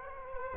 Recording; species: mosquito wingbeat signal from an infrared sensor; Culex quinquefasciatus